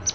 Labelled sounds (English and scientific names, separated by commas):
Palm Warbler (Setophaga palmarum) flight call